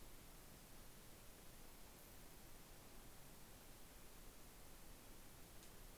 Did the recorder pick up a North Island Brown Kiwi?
no